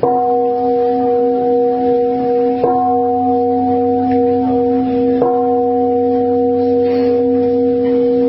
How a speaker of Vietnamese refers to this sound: Cho ba tiếng chuông quỳ đi.